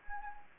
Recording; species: mosquito wingbeat signal from an infrared sensor; Anopheles gambiae